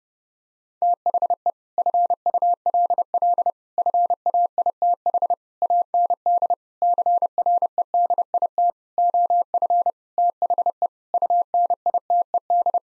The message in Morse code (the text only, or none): THE FULL FAITH AND CREDIT OF THE UNITED